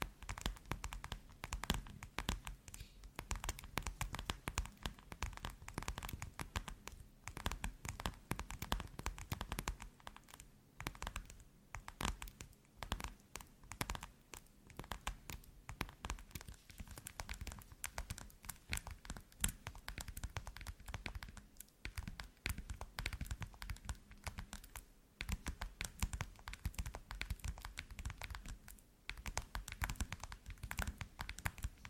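Rapid tapping runs without a break for the whole half minute, dense clusters of short sharp clicks much like typing on a keyboard. The pace is quick but uneven, with brief gaps near 10, 22 and 29 seconds, over a steady low rumble.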